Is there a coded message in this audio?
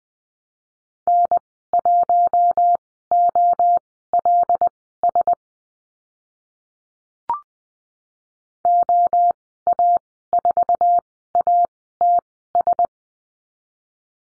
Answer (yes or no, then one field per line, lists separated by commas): yes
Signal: Morse code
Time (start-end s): 1.1-12.9 s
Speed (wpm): 20 wpm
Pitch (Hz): 700 Hz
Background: none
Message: N1OLS OA4ATS